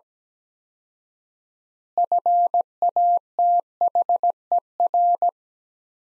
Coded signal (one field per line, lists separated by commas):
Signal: Morse code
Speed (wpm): 17 wpm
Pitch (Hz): 700 Hz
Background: none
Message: FATHER